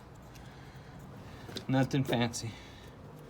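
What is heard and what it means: Plastic engine trim pieces are being handled to be pressed back onto the engine bay clips after supercharger work. Over a quiet background, someone talks briefly around 1.6 to 2.5 s. Nothing has snapped into place or seated yet.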